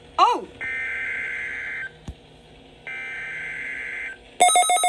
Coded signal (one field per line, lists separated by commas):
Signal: Emergency Alert System (SAME) tones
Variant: header bursts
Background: speech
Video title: EAS Catch #8 - Predicting The RWT (Cinco de Mayo 2021)